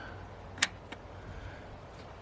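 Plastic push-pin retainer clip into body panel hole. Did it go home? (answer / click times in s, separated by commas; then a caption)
yes / 0.6 s. A plastic push-pin retainer clip is pressed by finger into its hole in a body panel of a 2013–2017 Subaru Crosstrek during a front LED turn signal upgrade, its centre pin pushed down until it clicks. A sharp, bright snap at 0.6 s marks the clip seating, followed by a faint tick near 0.9 s over low background rumble. The clip is seated.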